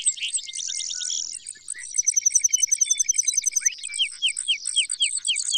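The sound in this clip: Brewer's sparrow song, jumbled high trills and buzzes mixed with quick series of short downslurred notes.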